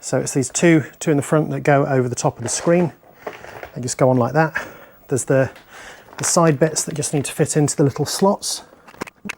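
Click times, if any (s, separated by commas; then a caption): none. Someone talks while refitting the plastic front bodywork on a Kove 450 Rally motorcycle: the two front pieces go over the top of the screen, and a plastic fairing side tab is handled toward its small slot. A few brief, sharp handling sounds come near the end, around 8.9 to 9.3 seconds. The clip ends before the tab goes home, so nothing has seated or clicked yet.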